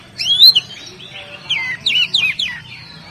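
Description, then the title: Oriental magpie-robin: a loud rising whistle followed by a run of sweet downslurred notes, all within about three seconds. "Kacer"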